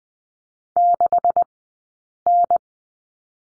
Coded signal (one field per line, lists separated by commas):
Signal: Morse code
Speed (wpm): 20 wpm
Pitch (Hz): 690 Hz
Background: none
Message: 6N